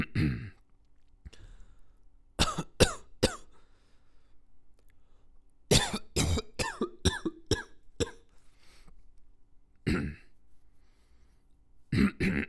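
An adult coughing in repeated bouts: clusters of harsh, explosive coughs in quick succession, separated by quiet pauses.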